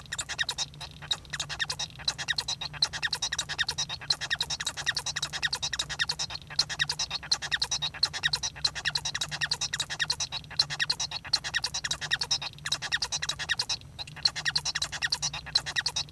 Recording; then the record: song of a male Bengalese finch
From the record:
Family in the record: son of father 1